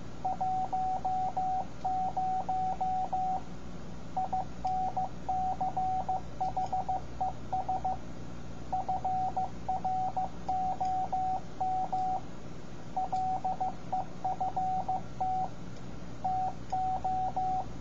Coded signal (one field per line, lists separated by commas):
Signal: Morse code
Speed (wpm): 15 wpm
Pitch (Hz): 750 Hz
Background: radio noise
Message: 10 INCHES FROM LEFT TO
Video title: Amateur Radio Call Signs for Your Shack- Morse Code CW